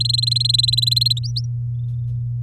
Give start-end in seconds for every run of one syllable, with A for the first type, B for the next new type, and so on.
0.00-1.19 A, 1.24-1.45 B